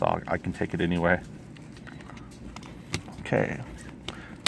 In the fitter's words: here snap there it is